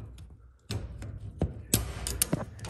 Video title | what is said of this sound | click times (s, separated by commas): Take slack out of garage door belt: Tighten Garage door belt from sagging | and then it'll click into place | 2.2 s